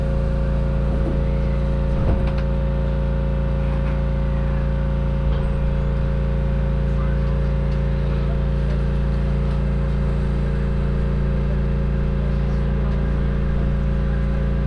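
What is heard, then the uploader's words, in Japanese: A train ride on the Echigo Tokimeki Railway, with a steady low engine drone and several fixed humming tones holding level the whole time. A few short knocks and rattles break through near the start and around the five-second mark. 耳で楽しむ鉄道旅 えちごトキめき鉄道 高田→直江津→糸魚川。ディーゼルカー1両で足りてしまいます。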